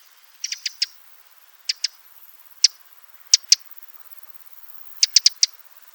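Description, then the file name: Eurasian wren giving hard ticking calls, short dry clicks singly and in quick groups of two to four, separated by brief pauses. "Troglodytes troglodytes"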